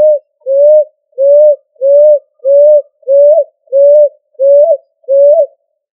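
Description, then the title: Pigeon call: nine low, even coos repeated at a regular pace, a few finishing with a small rising inflection, in otherwise quiet surroundings. "Familia ColumbidaePomba"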